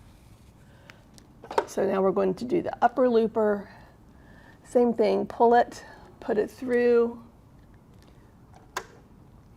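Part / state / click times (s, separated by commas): thread seating into the tension knob of a serger / seated / 8.8 s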